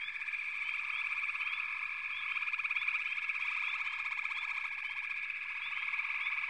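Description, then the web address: A dense frog chorus of overlapping high trills and quick upslurred chirps, with a pulsed rattling call running through most of the stretch. "Sounds of Nature Collection. Froggies"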